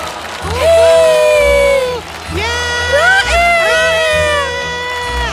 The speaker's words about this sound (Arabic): ابتسم بيجاساندر وهتف الجمهور.